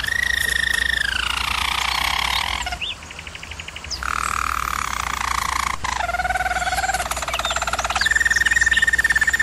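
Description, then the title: German Roller canary singing in changing tours: a smooth falling roll, a softer passage, then further rolls and rapid trills before a clear ringing trill at the end. German Roller canary singing; recording made for canary song training. "German Roller Canary Singing - Canary Training Vid"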